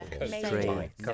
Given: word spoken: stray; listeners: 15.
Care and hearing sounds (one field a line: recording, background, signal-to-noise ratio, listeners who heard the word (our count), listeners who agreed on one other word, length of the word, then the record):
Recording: one English word in noise, from a listening test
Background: four-talker babble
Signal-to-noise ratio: -0.1 dB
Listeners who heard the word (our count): 0 of 15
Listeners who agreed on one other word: 8 of 15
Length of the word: 0.74 s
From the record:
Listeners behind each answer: 8, 2, 2, 1, 1, 1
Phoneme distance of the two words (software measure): 7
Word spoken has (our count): 1 syllable, 4 phonemes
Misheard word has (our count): 1 syllable, 3 phonemes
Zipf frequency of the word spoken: 3.54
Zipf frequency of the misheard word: 4.15